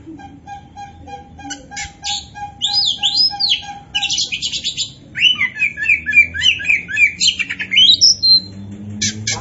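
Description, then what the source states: Oriental magpie-robin singing mixed rasping notes, whistles and rapid chattering notes. Singing in full voice ('gacor'); Indonesian name kacer poci.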